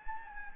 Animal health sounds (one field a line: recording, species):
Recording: mosquito wingbeat signal from an infrared sensor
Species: Anopheles gambiae